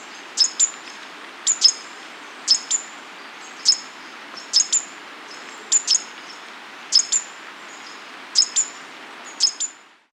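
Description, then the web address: Green violetear song: high, sharp chipping notes in pairs, repeated roughly once a second in a steady, monotonous series over a quiet background hiss. Recorded in South America. "Natures Songs S America Green Violetear"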